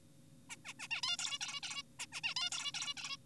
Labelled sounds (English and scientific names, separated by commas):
Zebra Finch (Taeniopygia guttata)